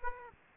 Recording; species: mosquito wingbeat signal from an infrared sensor; Aedes aegypti